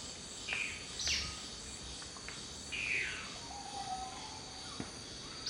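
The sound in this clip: Dusky-throated antshrike with a few scratchy down-slurred calls spaced irregularly, over a steady buzz of insects.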